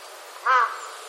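Crow giving a single short, harsh caw, a brief harmonic note lasting about a fifth of a second against quiet background hiss.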